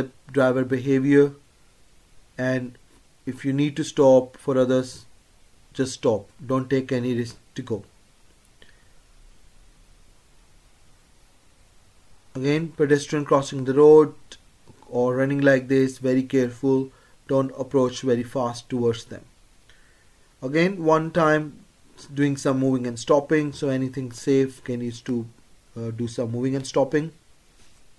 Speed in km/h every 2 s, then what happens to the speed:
21, 21, 23, 23, 19, 16, 16, 18, 19, 19, 19, 23, 23, 23.
0-6 steady at about 21. 6-12 slows to 16. 12-28 steady at about 19.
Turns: none.